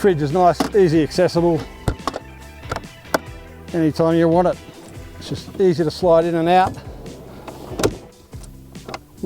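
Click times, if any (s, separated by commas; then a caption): 8.9 s. Someone talks while the metal fridge slide in the rear cargo area of an MU-X is pulled out, with several short knocks and rattles as it moves. It clicks into its locked position at 8.9 s.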